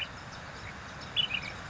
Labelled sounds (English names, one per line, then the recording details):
Ash-throated Flycatcher
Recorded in Sonoma County, California